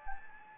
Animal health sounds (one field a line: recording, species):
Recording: mosquito wingbeat signal from an infrared sensor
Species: Anopheles gambiae